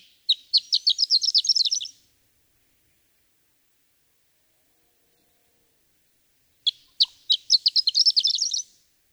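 Horned lark song, two bright high-pitched bursts of sparse introductory notes running into a fast, glittering warble, separated by silence.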